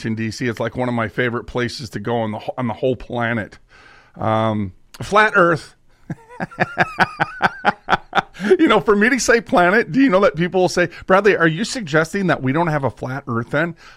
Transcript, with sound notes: It's like one of my favorite places to go on the wh- on the whole planet. Um, flat earth. (laughs) You know, for me to say planet, d- you know that people will say, "Bradley, are you suggesting that we don't have a flat earth, then?"